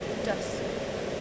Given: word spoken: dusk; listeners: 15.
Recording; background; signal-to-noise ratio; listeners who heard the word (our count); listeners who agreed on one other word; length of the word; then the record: one English word in noise, from a listening test; speech-shaped noise; -5.9 dB; 7 of 15; 7 of 15; 0.81 s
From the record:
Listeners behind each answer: 7, 7, 1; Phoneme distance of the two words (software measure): 10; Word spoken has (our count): 1 syllable, 4 phonemes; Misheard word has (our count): 1 syllable, 4 phonemes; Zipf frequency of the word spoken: 3.40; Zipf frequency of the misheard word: 4.39